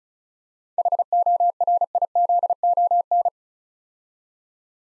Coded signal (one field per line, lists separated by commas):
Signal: Morse code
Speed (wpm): 36 wpm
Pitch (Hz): 700 Hz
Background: none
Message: HORIZON